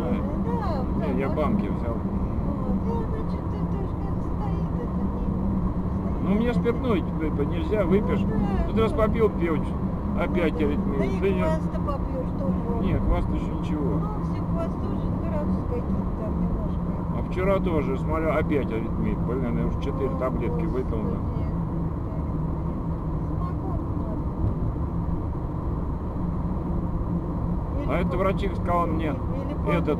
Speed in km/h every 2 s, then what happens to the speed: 54, 55, 54, 54, 55, 55, 56, 57, 56, 57, 56, 54, 56, 55, 55.
0-30 steady at about 55.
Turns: none.